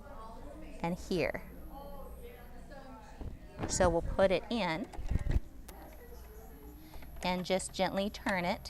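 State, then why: Not seated. Someone talks while a rotary hook is put into the hook race of a BERNINA 500 sewing machine and gently positioned, with soft handling sounds and brief small knocks around 5.3 and 5.7 seconds. The hook is only being lined up, and nothing has seated or clicked yet.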